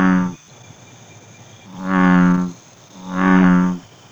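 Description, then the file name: American bullfrog making low, rumbling croaks, three deep resonant notes, the first cut off at the start, the others each lasting about three-quarters of a second, separated by quiet gaps of about half a second to well over a second. "Rana catesbeiana"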